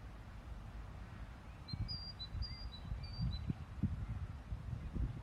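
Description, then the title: Great tit song, clear two-note whistled phrases repeated in a see-saw rhythm for a few seconds, with a low rumble of background noise underneath. Lake District; recorded 3 April 2023. "Great Tit in the Lake District."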